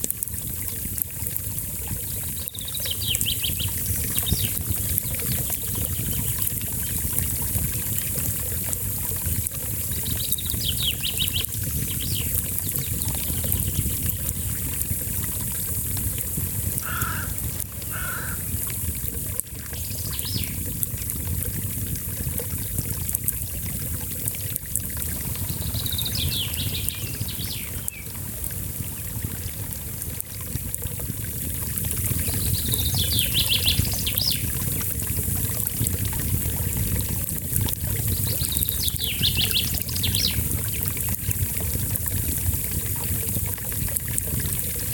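A small brook runs steadily throughout, a dense, even rush of water with low rumbling beneath. Birds sing over it in short bright phrases every few seconds, clearest around 3, 12, 25, 33 and 39 seconds, with a brief lower double call near 17 seconds.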